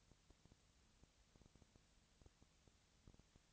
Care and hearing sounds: daily activity, microphone in the room; no activity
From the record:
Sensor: 3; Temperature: 20.4 degrees Celsius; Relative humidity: 34.4%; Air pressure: 997.0 hPa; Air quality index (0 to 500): 205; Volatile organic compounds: 68 ppm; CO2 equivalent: 3498 ppm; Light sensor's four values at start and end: 2/3/2/2 and 2/3/2/2

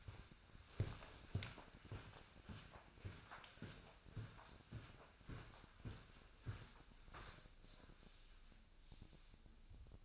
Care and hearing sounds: daily activity, microphone in the room; walk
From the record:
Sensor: 2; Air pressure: 1009.2 hPa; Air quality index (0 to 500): 181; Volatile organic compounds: 3 ppm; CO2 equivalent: 1320 ppm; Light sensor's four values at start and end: 47/124/53/59 and 48/124/53/59

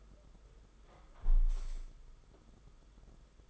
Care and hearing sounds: daily activity, microphone in the room; close window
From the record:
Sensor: 5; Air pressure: 991.5 hPa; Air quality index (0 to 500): 102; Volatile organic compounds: 19 ppm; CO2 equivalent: 2648 ppm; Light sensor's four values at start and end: 38/124/47/50 and 38/124/47/50

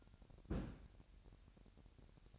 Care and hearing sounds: daily activity, microphone in the room; place on stove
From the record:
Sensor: 2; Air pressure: 1011.9 hPa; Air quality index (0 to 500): 196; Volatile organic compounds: 3 ppm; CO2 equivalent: 1388 ppm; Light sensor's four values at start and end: 71/168/69/67 and 71/168/69/67

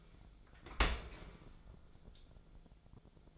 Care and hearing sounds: daily activity, microphone in the room; open dishwasher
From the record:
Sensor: 5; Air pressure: 1000.6 hPa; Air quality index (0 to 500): 156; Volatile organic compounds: 2 ppm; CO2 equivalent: 1194 ppm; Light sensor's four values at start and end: 44/100/43/46 and 44/100/43/46

